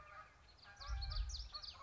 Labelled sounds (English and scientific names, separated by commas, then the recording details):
Common Yellowthroat (Geothlypis trichas)
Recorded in Sonoma County, California